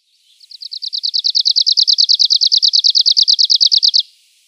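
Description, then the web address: Arctic warbler song: a fast, even trill of many dry, buzzy notes on one high pitch, building from a soft start and lasting several seconds. "Schulze Peter Arctic Warbler"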